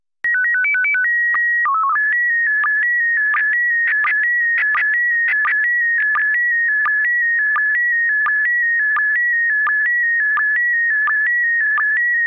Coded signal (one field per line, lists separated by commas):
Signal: SSTV (slow-scan television)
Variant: PD 90